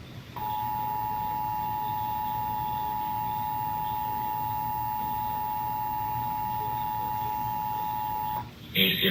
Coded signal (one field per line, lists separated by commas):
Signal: Emergency Alert System (SAME) tones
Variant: 853 and 960 Hz attention tone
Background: speech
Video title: Emergency Alert System Monthly Test - August 1, 2018